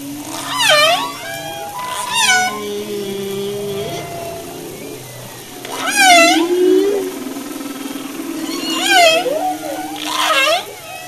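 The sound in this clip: Humpback whale song mixing low drawn-out moans with several wavering cries that swoop down then up.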